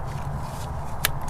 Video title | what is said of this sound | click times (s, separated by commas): Toyota 5VZ-FE 3.4L V6 TRD Supercharger Installation | the one on the backside plug that one in till it snaps this one right here snap | 1.0 s